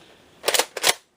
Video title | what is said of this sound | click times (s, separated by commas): Buzz Bee Monorail Unboxing and Review [Updated colors for 2020] | and six and then again flip the hatch down push it forward till it clicks | 0.5 s, 0.9 s